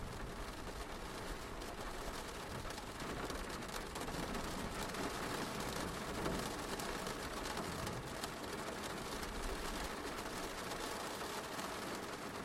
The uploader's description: rain sounds in the background